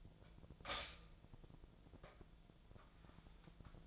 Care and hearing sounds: daily activity, microphone in the room; stop toaster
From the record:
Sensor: 5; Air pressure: 1009.5 hPa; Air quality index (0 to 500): 167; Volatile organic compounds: 4 ppm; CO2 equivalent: 1620 ppm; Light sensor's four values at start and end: 91/242/98/104 and 91/242/98/104

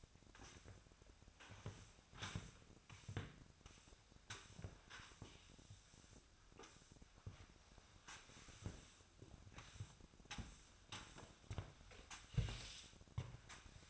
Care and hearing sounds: daily activity, microphone in the room; sweep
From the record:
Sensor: 2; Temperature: 25.5 degrees Celsius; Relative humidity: 38.8%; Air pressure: 1006.8 hPa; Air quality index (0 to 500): 198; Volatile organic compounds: 13 ppm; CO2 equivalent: 2426 ppm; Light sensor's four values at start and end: 9/22/9/9 and 7/15/6/7

